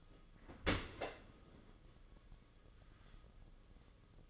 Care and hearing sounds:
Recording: daily activity, microphone in the room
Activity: open dishwasher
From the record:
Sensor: 4

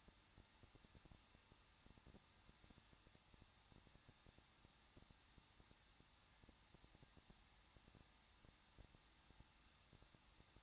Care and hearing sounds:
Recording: daily activity, microphone in the room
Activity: no activity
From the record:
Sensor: 3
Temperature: 21.2 degrees Celsius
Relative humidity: 36.3%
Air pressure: 1006.3 hPa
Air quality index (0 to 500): 221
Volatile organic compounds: 40 ppm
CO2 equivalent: 3153 ppm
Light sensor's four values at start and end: 2/3/2/2 and 2/3/2/2

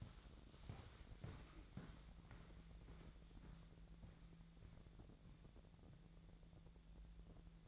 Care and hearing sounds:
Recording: daily activity, microphone in the room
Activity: walk to room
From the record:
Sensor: 3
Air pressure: 1012.2 hPa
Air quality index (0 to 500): 137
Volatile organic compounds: 2 ppm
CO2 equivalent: 1052 ppm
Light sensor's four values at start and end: 47/104/47/48 and 147/353/146/136

